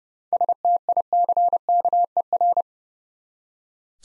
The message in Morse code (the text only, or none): STICKER